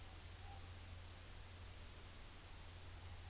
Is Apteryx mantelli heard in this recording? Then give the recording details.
no. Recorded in New Zealand on 29 April 2013. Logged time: 02:19